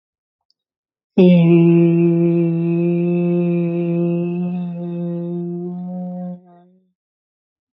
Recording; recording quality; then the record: sustained vowel as in made; excellent, no background noise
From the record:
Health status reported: healthy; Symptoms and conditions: fatigue, muscle pain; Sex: male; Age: 37 years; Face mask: not worn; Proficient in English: yes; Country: India